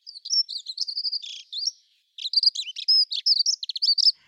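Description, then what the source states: Dunnock song: fast, shuttling jumble of high warbled notes in a hurried verse, a short pause, then another rapid scratchy run of twittering phrases. Fast shuttling song verse lasting about 4 or 5 seconds; sung in gardens from about late February to June.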